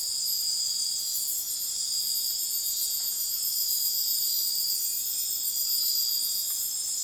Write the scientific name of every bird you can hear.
none